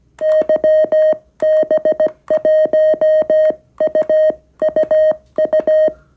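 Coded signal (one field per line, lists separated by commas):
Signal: Morse code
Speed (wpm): 16 wpm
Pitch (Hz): 620 Hz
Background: music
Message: YB1UUU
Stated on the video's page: QRP-to-QRP CW contact on the 40m band with the small SW-3B radio.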